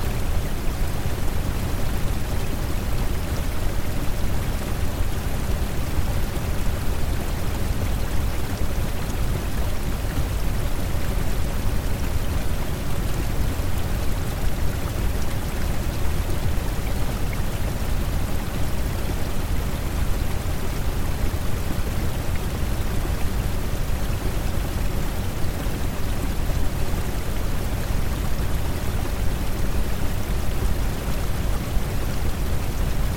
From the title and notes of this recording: Calming pink noise and the soothing sounds of a gentle waterfall. Pink Noise with Tranquil Waterfall.